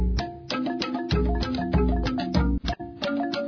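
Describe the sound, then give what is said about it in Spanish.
Drums beat in a steady, driving rhythm, with repeated sharp hits over a deep, booming low end and resonant ringing tones between strokes. There is no talking. “Luego vinieron los tambores.”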